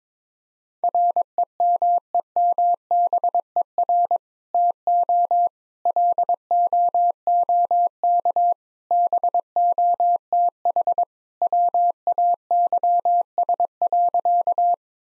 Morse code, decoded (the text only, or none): REMEMBER TO LOOK BOTH WAYS.